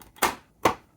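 Pressing the eject button on a rebuilt NES cartridge slot releases the mechanism, which pops the game cartridge out of the connector. Two sharp clicks sound at 0.2 s and 0.7 s, each decaying quickly, and the cartridge is ejected.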